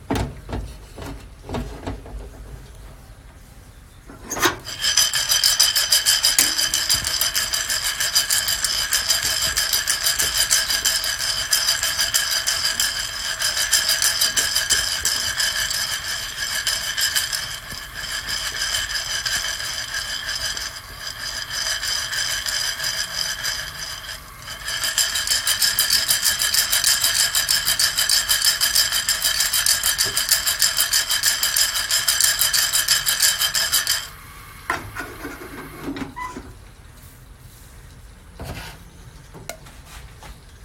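Guatemala SHB coffee being roasted: a loud, steady, bright whirring hiss switches on at about five seconds and holds until around thirty-four, dipping briefly near twenty-four. Before and after it, a quieter low rumble carries scattered clicks and small rattles.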